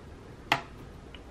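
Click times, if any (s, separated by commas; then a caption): 0.5 s. A plastic retainer clip for a large key on a Lenovo Ideapad laptop keyboard is pressed into place on the keyboard, giving one sharp, bright tick at 0.5 s, followed by a much fainter tick at 1.1 s against a quiet background. The clip snaps in and is seated.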